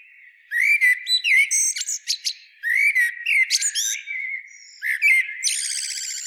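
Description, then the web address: Common blackbird singing fluted whistles mixed with high squeaky twittering, ending in a fast buzzy trill. "SETE Turdus merula"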